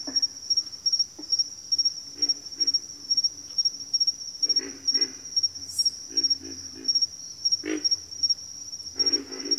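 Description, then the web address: Pig frog giving rough grunts in short clusters, with a constant shrill cricket sound behind them. "Sleep Sounds of Nature. Pig Frogs"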